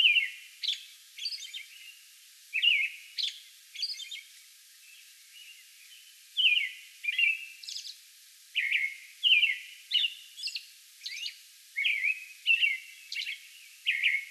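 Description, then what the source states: American robin singing: clear whistled phrases in quick succession, each a slurred carol, mixed with faint high-pitched squeaks, with a brief pause midway through. Song bout recorded on May 11.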